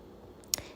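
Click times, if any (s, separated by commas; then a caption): 0.5 s. The lid of a Medela Symphony breast pump carrying case is closed and its plastic clips are pressed into place. A faint tick comes first, then one sharp click at 0.5 s with a short follow-on snap. The clips seat and the case is shut.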